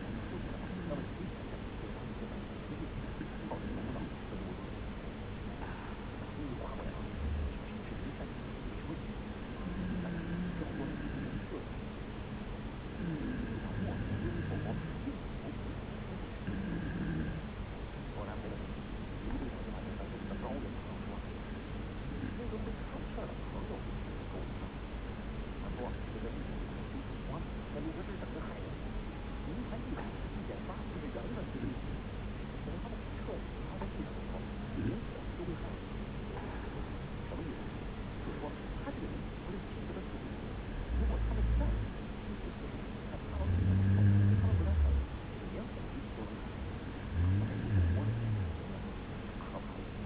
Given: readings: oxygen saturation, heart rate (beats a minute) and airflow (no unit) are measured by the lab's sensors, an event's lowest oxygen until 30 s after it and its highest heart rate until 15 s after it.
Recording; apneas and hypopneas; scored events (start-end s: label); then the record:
breathing in sleep by a voice recorder at the bedside; 1
12.00-36.00 s: hypopnea (N1, oxygen 95% highest, then 91% lowest)
From the record:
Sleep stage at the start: N1 (lightest sleep); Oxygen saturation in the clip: 91 to 95%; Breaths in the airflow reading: 14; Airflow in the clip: -1.5 to 3.4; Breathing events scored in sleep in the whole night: 335 in 6.7 hours asleep